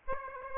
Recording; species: mosquito wingbeat signal from an infrared sensor; Aedes aegypti